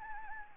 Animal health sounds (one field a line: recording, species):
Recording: mosquito wingbeat signal from an infrared sensor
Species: Anopheles gambiae